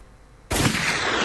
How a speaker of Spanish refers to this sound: Ay, amigos, son unos tiros por ahí.